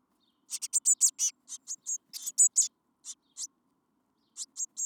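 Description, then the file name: Eurasian blue tit calls, a rapid sequence of high, slightly buzzy notes, then scattered single notes and a final short group. "Cyanistes caeruleus"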